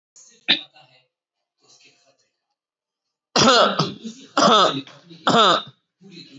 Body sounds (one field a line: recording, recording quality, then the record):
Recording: heavy voluntary cough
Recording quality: excellent, no background noise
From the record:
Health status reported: healthy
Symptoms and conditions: none ticked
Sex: male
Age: 34 years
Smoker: not ticked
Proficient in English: yes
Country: India